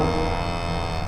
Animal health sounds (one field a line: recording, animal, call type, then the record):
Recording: contact call of a hoofed animal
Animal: cattle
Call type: low-frequency (closed-mouth) or high-frequency (open-mouth) call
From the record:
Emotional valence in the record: negative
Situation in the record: full separation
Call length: 1.08 s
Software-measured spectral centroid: 1900 Hz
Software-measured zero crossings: 1620 a second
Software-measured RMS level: -24 dBFS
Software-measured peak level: -9 dBFS